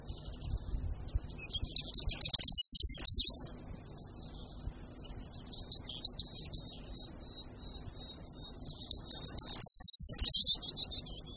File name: Strnad-luční